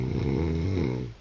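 A single loud, low, rattling snore from an adult sleeper lasting about a second, with a coarse buzzing tone that fades at the end. The sound is terrible, harsh and a bit choky in character, typical of heavy snoring from vibration of the soft tissues of the throat.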